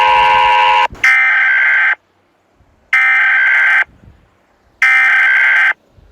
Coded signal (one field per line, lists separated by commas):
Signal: Emergency Alert System (SAME) tones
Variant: header bursts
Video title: country argenrtina eas alarm